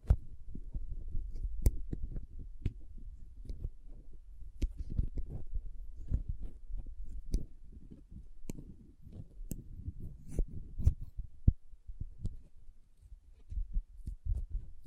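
Soft squishy, sticky sounds run throughout as dull low thuds, dense and uneven, with a throbbing quality. Sharp little crinkle or cutting clicks cut through sporadically, a few every second, with clearer ones near 2, 4.5, 7, 10 and 11 seconds.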